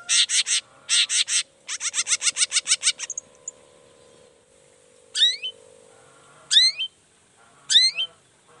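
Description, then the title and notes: Long-tailed shrike song: loud buzzy bursts, a fast chattering run, then three separate whistled notes. Singing actively ('gacor') in the morning with varied 'toet toet' sounds; makes other shrikes respond ('nyaut') and open up their material. "Langsung NYAUTTTTT ! Cendet Gacor Dor Di Kala Pagi Toet Toet Variasi Suara J. Nyaut Seketika.! Cendet Gacor Pagi Hari Biangnya Bikin Cendet Manapun Langsung On Nyaut Buka Materi. Burung cendet"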